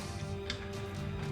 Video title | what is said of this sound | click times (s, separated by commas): UNBOXING Panamerican GT-R GRILLE for Copart rebuild. HOW TO REMOVE/INSTALL THE W166 GLE | I hear that clicking sound there | 0.5 s